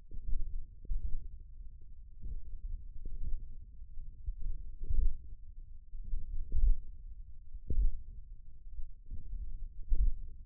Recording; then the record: forearm muscle sounds (acoustic myography)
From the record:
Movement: hook grip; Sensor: system 1, eight BSWA MPA416 microphones around the upper forearm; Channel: 6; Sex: male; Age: 28 years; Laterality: right